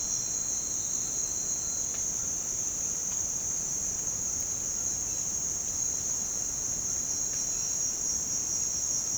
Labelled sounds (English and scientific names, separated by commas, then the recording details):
none
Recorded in dense forest near Puerto Asís, Putumayo, Colombia, on 23 June 2025 at 08:00
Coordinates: 0.499, -76.324
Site G100